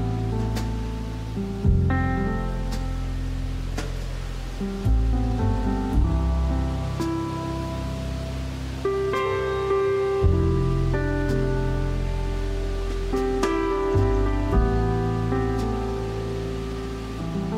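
Soft piano plays slow, sustained chords with a deep bass line, shifting to a new chord every few seconds, with bright single notes ringing above. A faint, steady rustling hiss runs underneath, like light wind through leaves, and the level stays even throughout.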